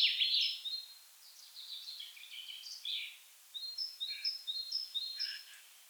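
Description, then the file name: Common chaffinch song fragments: a loud burst, then a short descending trill, followed by a run of high, thin repeated notes. "Fringilla coelebs"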